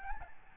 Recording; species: mosquito wingbeat signal from an infrared sensor; Aedes albopictus